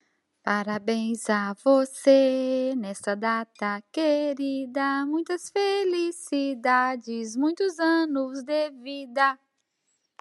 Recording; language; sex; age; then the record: short text; Brazilian Portuguese; female; 50 to 59 years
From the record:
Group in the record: control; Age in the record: 56 years